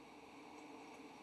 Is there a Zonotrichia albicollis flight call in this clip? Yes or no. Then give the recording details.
no. No flight call is heard. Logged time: 10:30 on 18 November 2014